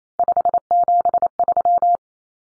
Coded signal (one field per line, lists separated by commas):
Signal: Morse code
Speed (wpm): 28 wpm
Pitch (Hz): 700 Hz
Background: none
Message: 573